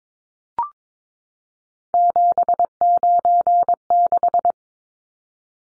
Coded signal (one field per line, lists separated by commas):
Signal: Morse code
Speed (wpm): 22 wpm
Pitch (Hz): 700 Hz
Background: none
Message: 796